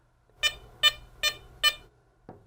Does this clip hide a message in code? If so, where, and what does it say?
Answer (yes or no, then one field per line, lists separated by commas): no